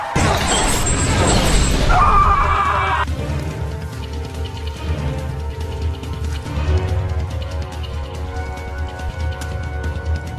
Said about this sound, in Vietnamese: Chàng bỗng nghe một tiếng xe gầm và chiếc xe có hai ngọn đèn pha đang lao tới chọc thẳng về phía chàng. Chàng liếc mắt thấy một chiếc quân xa 5 tấn khổng lồ xông đến và âm thanh cuối cùng chàng nghe được chính là tiếng thét của chàng.